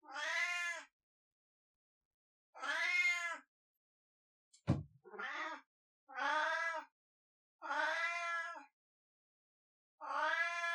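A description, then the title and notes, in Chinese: A cat gives a string of long, drawn-out meowing howls, each about a second long, spaced a second or two apart with silence between. The cries are loud and strained. A sharp knock sounds just before the middle. 喵嗷叫。被我家貓貓吵。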